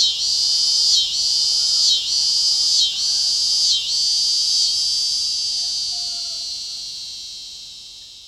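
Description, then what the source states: Scissor-grinder cicada song: a high, rhythmic buzzing in quick regular pulses that smooths into a continuous drone and slowly fades away toward the end. Tibicen pruinosa, recorded 19 August 2007.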